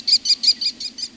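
American Kestrel giving a quick run of sharp, high-pitched klee notes, about seven in a row at a steady, fast pace.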